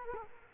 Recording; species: mosquito wingbeat signal from an infrared sensor; Culex quinquefasciatus